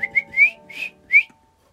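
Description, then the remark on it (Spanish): Someone whistles to call a dog: a quick run of short, bright, upward-sliding chirps, then a brief pause and one final rising whistle, over a faint steady hum. “Como cuando se llama un perro.”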